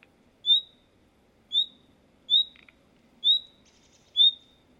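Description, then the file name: Common nightingale giving a short, clear rising whistle, repeated roughly once a second, five times, over faint low background hum. "Luscinia megarhynchos"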